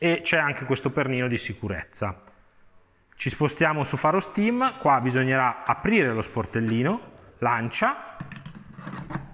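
A man talks while a steam hose connector is handled at the socket of a FaroSTEAM steam cleaner, with the small flap opened for it. A few faint sharp taps are heard near the end. Nothing has seated or clicked yet.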